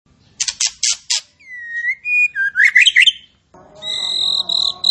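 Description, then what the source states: Striated grassbird singing a few buzzy chattering notes, then a long clear whistle and a tangled warbled phrase, followed by a steady high tonal sound. Singing actively and profusely.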